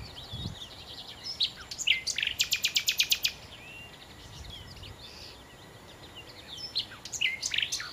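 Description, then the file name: Common nightingale song, fairly soft: scattered chirps and slurred whistles around a short burst of rapid, evenly repeated loud notes. "Nachtigall"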